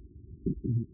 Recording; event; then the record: neck accelerometer signal played as sound; voluntary cough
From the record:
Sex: male